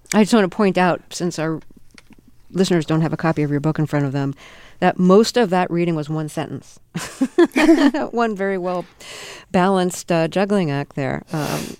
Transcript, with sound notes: I just want to point out, since our listeners don't have a copy of your book in front of them, that most of that reading was one sentence.
(LAUGHTER)
That one very well-balanced juggling act there.